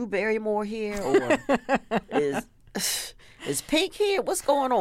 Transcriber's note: laughter